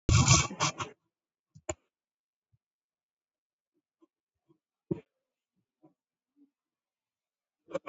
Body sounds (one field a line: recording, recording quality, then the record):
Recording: deep breathing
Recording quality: poor, much background noise or distortion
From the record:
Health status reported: COVID-19 positive, mild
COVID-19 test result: positive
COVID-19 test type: RT-PCR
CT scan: taken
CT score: 5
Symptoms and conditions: fatigue, muscle pain, hypertension, diabetes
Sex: female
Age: 65 years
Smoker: no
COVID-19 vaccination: one dose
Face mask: not worn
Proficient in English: yes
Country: India